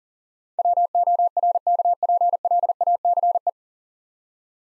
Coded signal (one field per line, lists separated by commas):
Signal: Morse code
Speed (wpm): 44 wpm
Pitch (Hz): 700 Hz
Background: none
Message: WORKPLACE